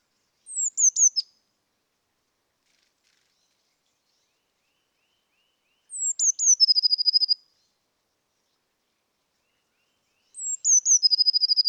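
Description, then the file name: Eurasian blue tit singing three high phrases several seconds apart, the first brief with only descending notes, the later two ending in quick trills. "Cyanistes caeruleus"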